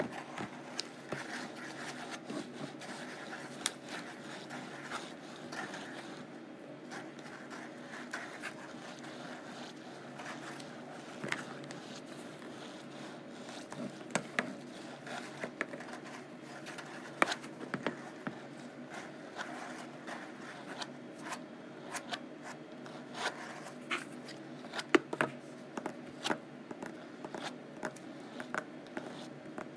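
Scratching and tapping on rough canvas, a steady rasping texture that runs the whole time with little change. Short sharp taps and scrapes break through irregularly, clustering around 14–18 seconds and again near 25 seconds, over a low constant hum.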